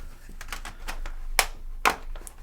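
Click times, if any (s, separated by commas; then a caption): 0.5 s, 1.4 s, 1.9 s, 2.3 s. A plastic facial interface is pressed back onto a Meta Quest 3/3s VR headset so that its four corner clips (top, bottom, right and left) snap into place. Four sharp clicks land at 0.5, 1.4, 1.9 and 2.3 seconds, with the loudest at 1.4 seconds. The interface ends up fully seated on the headset.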